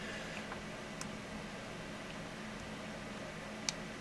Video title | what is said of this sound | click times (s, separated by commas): Bambu Labs Chamber Heater - Build Kit Assembly Guide - Pt. 1 | yep so there's the click two clicks for each of them | 1.0 s, 3.7 s